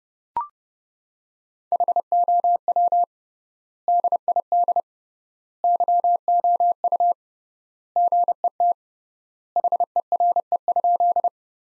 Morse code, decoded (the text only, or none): HOW DID YOU GET HERE?